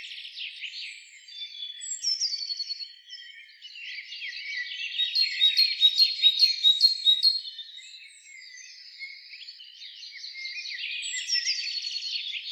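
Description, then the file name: Great tit song: high two-note phrases repeated quickly in bursts, loudest mid-way. "Parus major"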